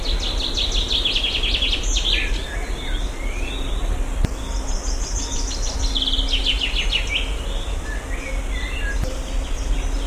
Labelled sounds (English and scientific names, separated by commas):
Common Chaffinch (Fringilla coelebs) song